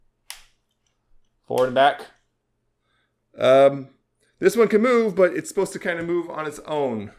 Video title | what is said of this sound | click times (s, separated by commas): Pony 411 Reviews: MLP Movie My Magical Princess Twilight Sparkle | can move the hooves forward and back and hear it click into a neutral position. This one as well. Forward | 0.3 s